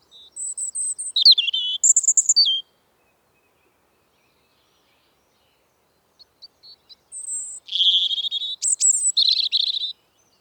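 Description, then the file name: European robin: a high, sweet phrase of whistles and trills, silence for several seconds, then a second rapid, rattling, high-pitched twittering phrase. "Erithacus rubecula"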